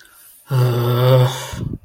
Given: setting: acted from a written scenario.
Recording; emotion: vocal sound without words; embarrassment